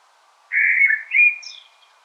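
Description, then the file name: Common blackbird giving one rich, fluty warble that breaks into a sliding note and ends with a high, thin squeak. "Turdus merula"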